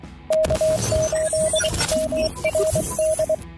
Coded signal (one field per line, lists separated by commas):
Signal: Morse code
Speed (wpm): 24 wpm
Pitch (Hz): 630 Hz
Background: radio noise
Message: K8MRD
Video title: Does Chirp Kill Yaesu Radios??